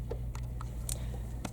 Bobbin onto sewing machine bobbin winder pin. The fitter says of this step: and you just snap it on so i'm just going to push it down and you can hear if i turn this it clicks into place